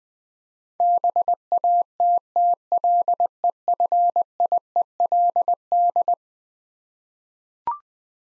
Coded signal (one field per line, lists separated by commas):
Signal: Morse code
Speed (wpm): 20 wpm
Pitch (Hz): 700 Hz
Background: none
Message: BATTLEFIELD